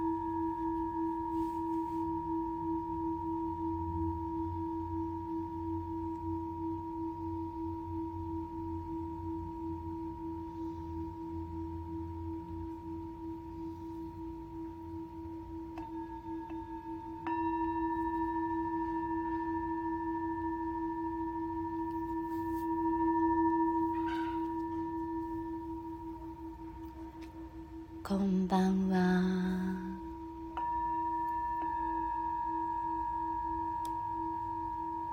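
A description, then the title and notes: A Tibetan singing bowl rings in a long, steady drone, its low and middle tones holding evenly across the whole clip. New tones are struck in around 16 and 17 seconds, and a brief cluster of clinks and brighter rattling sounds near 28 to 30 seconds. Tibetan Singing Bowl のサウンドヒーリングLIVE.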